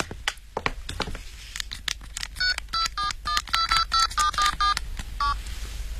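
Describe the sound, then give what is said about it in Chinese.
A phone number is punched in on a keypad to call the company boss from the Jinlang Hotel: a quick run of about a dozen short beeping tones at shifting pitches, preceded by soft clicks and rustling, with no voices. “对不起，小姐，我给我们老总打个电话请示一下。”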